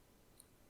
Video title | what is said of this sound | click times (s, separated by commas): ZipSeam Tips and Tricks #3 Make Fabric Insertion Easier | can just pull on the cord and it's just snap into place and | 0.4 s